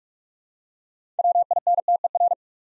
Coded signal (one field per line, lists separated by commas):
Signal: Morse code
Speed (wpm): 44 wpm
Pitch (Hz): 700 Hz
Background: none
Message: WINTER